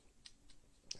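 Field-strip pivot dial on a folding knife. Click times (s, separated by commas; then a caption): 0.9 s. The tool-free field-strip dial on a folding knife's pivot is rolled down until it gives a small click at 0.9 s that releases it. Fainter ticks come at 0.3 s and 0.5 s, and someone talks.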